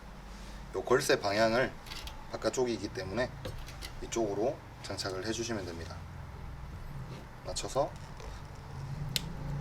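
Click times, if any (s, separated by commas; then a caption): 9.2 s. A main power cable connector, lined up with its latch facing outward, is pushed into the socket on the right side of a motherboard while someone talks. A sharp click is heard at 9.2 s as the connector seats in the socket.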